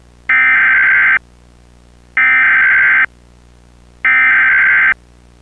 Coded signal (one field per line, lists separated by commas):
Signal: Emergency Alert System (SAME) tones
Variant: header bursts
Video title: EAS Recreation (3/24/25): Another Amber Alert